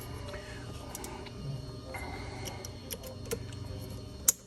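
A plastic clip on a Tesla Model Y is pressed into the frunk trim or panel during an auto frunk installation. Over a steady low background hum, small ticks are heard around 2.9 s and 3.3 s, then a loud, sharp snap at 4.3 s. The clip seats firmly into place.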